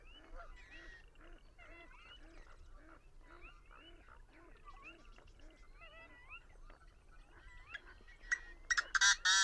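Birds calling together: low, nasal honking notes repeated steadily under twisting, whistled squeaks, ending in a few loud harsh crackling bursts.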